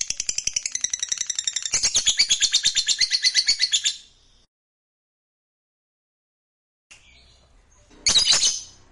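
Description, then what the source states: Lovebird song: a long, rapid run of harsh, buzzy chattering notes pulsing several times a second, stopping near four seconds, then silence and a short burst of sharp chirps at the end. Fighter-type lovebird singing energetically (gacor).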